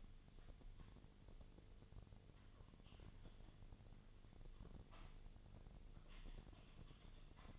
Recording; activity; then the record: daily activity, microphone in the room; typing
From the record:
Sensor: 4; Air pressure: 1010.3 hPa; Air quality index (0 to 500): 179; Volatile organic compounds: 5 ppm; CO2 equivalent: 1818 ppm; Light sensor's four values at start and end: 32/94/37/36 and 31/94/37/36